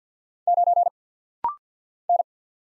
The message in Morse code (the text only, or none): 9 N